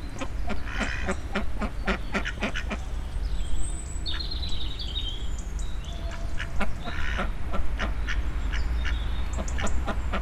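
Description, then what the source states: Duck quacks in clustered bursts separated by pauses, with whistling songbirds audible behind them. Two ducks living in Parque do Mandanelho, Oliveira do Hospital.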